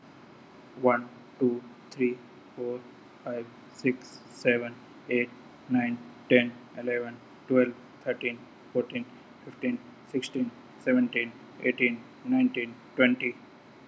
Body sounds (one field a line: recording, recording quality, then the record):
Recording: counting at a normal pace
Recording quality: excellent, no background noise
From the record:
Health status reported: healthy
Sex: male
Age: 40 years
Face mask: not worn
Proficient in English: yes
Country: India